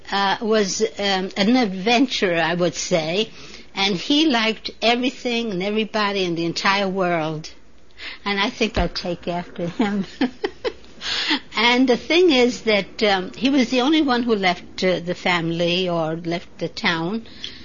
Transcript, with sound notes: was an adventurer, I would say, and he liked everything and everybody in the entire world. And I think I take after him. (She laughs) And the thing is that he was the only one who left the family, or left the town.